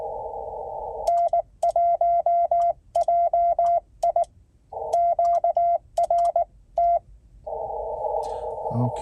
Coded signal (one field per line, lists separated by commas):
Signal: Morse code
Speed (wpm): 19 wpm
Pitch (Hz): 690 Hz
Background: speech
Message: N1JI QRT